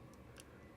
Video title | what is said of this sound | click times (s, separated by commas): Polaris XPEDITION Gen 2 Turn Signal Kit Installation Walkthrough | you can see it come through and they actually do clip right nicely and tight | 0.4 s